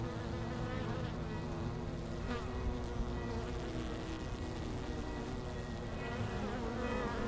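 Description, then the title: Honey bees buzzing in a continuous low hum, bees darting past with brief pitch swoops, and a soft ringing tone throughout. Langel, Köln, Germany; early October, sun gone from the hives; most bees returning to the hive, many white-backed from Himalayan balsam flowers; village church bells ringing in background. "Langel, Köln, Deutschland - Bienen Anfang Oktober. Bees at the beginning of October"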